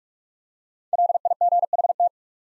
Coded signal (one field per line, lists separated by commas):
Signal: Morse code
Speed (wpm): 44 wpm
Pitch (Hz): 700 Hz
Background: none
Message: LIGHT